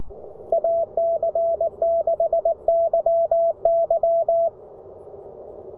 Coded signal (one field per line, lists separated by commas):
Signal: Morse code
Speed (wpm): 19 wpm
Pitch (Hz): 630 Hz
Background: none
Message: AC6YY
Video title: KM4CFT Activates POTA with the CFT1